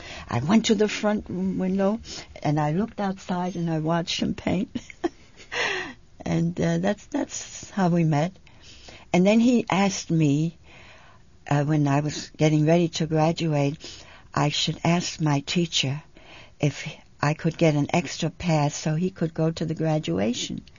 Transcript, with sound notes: I went to the front window, and I looked outside and I watched him paint. ( she laughs ) And that's how we met. And then he asked me, when I was getting ready to graduate, I should ask my teacher if I could get an extra pass so he could go to the graduation.